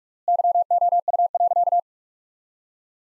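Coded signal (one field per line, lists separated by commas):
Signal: Morse code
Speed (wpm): 46 wpm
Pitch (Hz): 700 Hz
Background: none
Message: YOU.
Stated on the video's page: Computer-generated Morse practice of sentences from the top 300 words at 45 wpm, sent with 3x standard word spacing, a word-level Farnsworth-like method.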